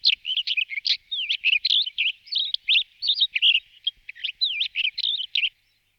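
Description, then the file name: Black wheatear song: a fast, continuous scratchy warble of short chattering and twisting whistled notes, steady for about five seconds, with no other sounds. "Belorit cerny Oenanthe leucura"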